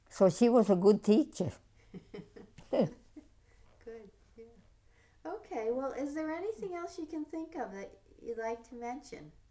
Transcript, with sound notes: So she was a good teacher. (she laughs)
Good, good. Okay, well, is there anything else that you can think of that you'd like to mention...